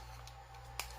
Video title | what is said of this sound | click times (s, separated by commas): Unboxing & Full Review of the Ustine Selfie Stick with Tripod and integrated Bluetooth Remote | close it up this all clicks into place | 0.3 s, 0.8 s